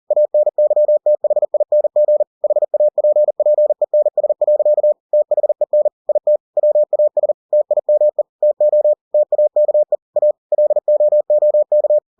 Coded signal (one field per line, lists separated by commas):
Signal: Morse code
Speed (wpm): 40 wpm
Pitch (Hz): 600 Hz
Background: none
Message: ANYTHING HAPPENS. THEN IT WAS TIME TO TAKE A LOOK